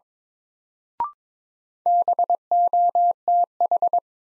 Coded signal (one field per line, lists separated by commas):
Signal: Morse code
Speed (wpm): 22 wpm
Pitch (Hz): 700 Hz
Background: none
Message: BOTH